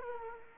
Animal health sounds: mosquito wingbeat signal from an infrared sensor; Culex quinquefasciatus

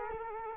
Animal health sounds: mosquito wingbeat signal from an infrared sensor; Culex quinquefasciatus

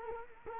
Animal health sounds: mosquito wingbeat signal from an infrared sensor; Culex quinquefasciatus

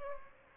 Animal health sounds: mosquito wingbeat signal from an infrared sensor; Aedes albopictus

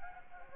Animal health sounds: mosquito wingbeat signal from an infrared sensor; Anopheles gambiae

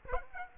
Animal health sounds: mosquito wingbeat signal from an infrared sensor; Aedes aegypti

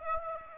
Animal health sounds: mosquito wingbeat signal from an infrared sensor; Aedes aegypti

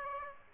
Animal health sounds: mosquito wingbeat signal from an infrared sensor; Aedes aegypti

